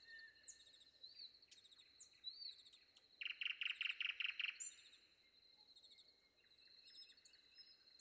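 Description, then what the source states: Common nightingale delivering a quick burst of several identical loud notes amid softer high song. Sung before dawn.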